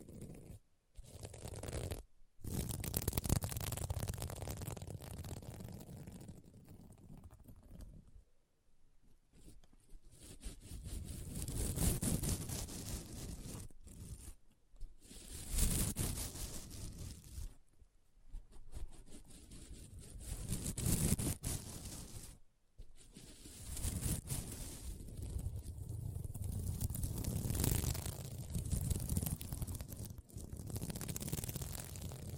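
Scratching on a sequin mermaid pillow, a rough, rustling scrape that swells and fades in uneven strokes. Several abrupt silences break it up, near 1, 2, 8, 14, 21 and 23 seconds, with a low rumbling undertone under the brighter scratchy hiss.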